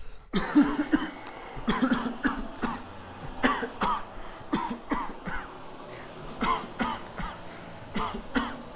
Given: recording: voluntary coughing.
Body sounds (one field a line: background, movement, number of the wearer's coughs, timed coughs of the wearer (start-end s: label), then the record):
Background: traffic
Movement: walking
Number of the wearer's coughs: 17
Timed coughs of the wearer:
0.31-0.55 s: cough
0.55-0.88 s: cough
0.90-1.29 s: cough
1.65-1.88 s: cough
1.88-2.16 s: cough
2.22-2.50 s: cough
2.60-2.87 s: cough
3.41-3.70 s: cough
3.79-4.16 s: cough
4.50-4.79 s: cough
4.88-5.17 s: cough
5.26-5.51 s: cough
6.38-6.72 s: cough
6.77-7.11 s: cough
7.15-7.54 s: cough
7.93-8.23 s: cough
8.32-8.62 s: cough
From the record:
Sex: male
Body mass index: 21.0 kg/m2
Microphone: on the chest, facing outward